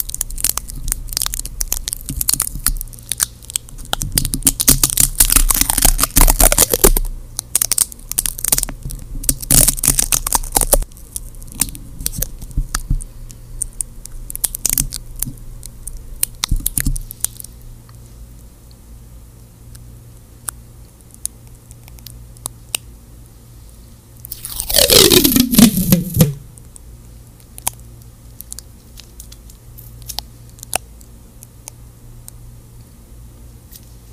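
Stickers, tape and gloves crinkle and crackle in dense bursts for seventeen seconds over a low hum, then one long tearing sweep near twenty-five seconds.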